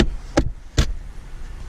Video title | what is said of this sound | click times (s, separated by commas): Hybrid racing Shift boot collar install on my 2018 civic sport hatchback | these just pop into place so quick | 0.0 s, 0.4 s, 0.8 s